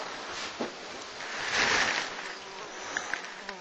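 Flies buzz in a steady, hissy drone that swells louder for a moment midway, then settles back, with a few brief sharp ticks near the end. No one speaks.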